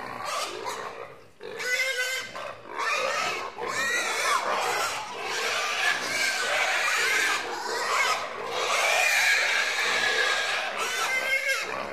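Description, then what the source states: Pigs squealing together in a dense, harsh chorus, with rasping, scraping noises throughout. In a pigsty.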